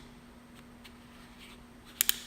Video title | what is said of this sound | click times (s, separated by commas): F 750 - Safety Latch | hopefully you can hear this you're that positive click that's | 2.0 s, 2.1 s